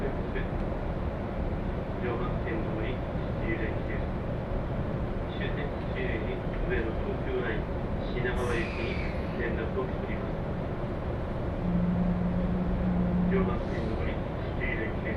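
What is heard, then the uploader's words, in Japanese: A Joban Line local train running, with a steady low rumble from start to finish. Voices talk in short bursts throughout, a brief bright hiss cuts through around the eighth second, and a low steady hum rises from about twelve to thirteen and a half seconds. 耳で楽しむ鉄道旅 常磐線普通 石岡→土浦→取手。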